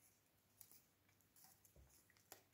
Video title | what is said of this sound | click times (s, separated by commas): MODIFICATION d une pièce dans fusion 360 avec impression 3d | Et il n'y a plus qu'à appuyer. Voilà. Vous entendez le clic. | 0.6 s, 2.3 s